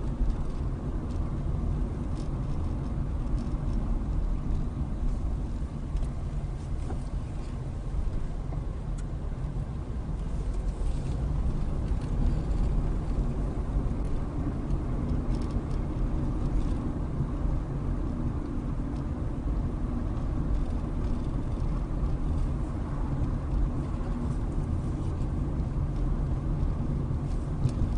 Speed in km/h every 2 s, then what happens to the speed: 26, 24, 15, 13, 11, 23, 31, 32, 31, 29, 29, 29, 29, 27.
0-7 slows to 11. 8-13 speeds up to 32.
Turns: 4-9.